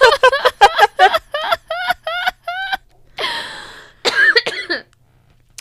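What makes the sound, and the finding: Adult woman. Coughing fit.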